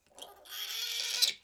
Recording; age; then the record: pig call; piglet (1 to 25 days)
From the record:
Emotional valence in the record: negative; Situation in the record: restrain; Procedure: back test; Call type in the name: high-frequency call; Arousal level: low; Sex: female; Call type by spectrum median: high-frequency call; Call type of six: high-frequency stable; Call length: 1.43 s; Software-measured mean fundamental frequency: 234 Hz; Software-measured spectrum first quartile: 3617 Hz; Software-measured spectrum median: 4579 Hz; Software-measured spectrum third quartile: 6324 Hz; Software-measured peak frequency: 4024 Hz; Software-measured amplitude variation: 186 dB a second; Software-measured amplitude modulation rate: 21.0 a second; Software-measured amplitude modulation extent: 8.9 dB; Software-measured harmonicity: 2.1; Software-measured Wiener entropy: -1.77